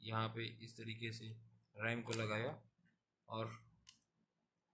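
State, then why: Partly seated. A 2 GB RAM stick is inserted at an angle into the memory slot of an HP Pavilion G series laptop while someone talks. A short click is heard at 3.9 seconds, but the module is not yet properly locked in place.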